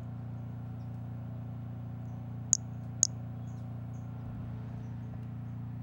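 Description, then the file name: White-lined pumpkin toadlet giving two quick, very high chirps half a second apart, against a steady low-pitched hum. "Brachycephalus albolineatus"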